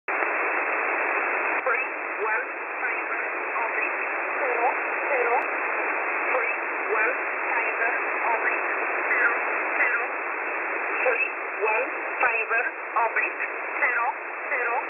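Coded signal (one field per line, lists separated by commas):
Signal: numbers station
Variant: E11 Oblique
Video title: E11 Oblique 21/11/2022 1300 UTC 4909kHz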